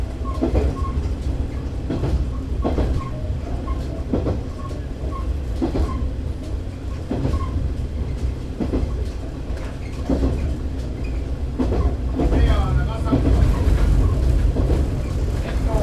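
A diesel railcar rolls along, its engine a steady low rumble under everything. Wheel clicks over rail joints come in regular pairs roughly every one and a half seconds, with faint squeaks and rattles, and the running noise swells slightly louder toward the end.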